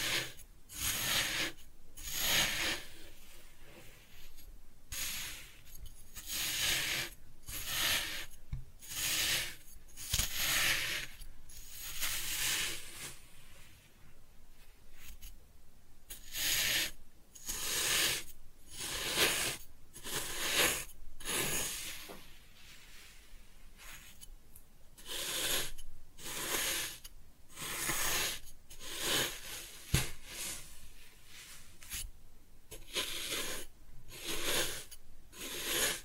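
Kinetic sand being cut and scooped, heard as a steady run of short, crisp, grainy crunches repeating every second or so. Each stroke is bright and hissy with little low end, with occasional faint clicks, including a sharp tick near thirty seconds.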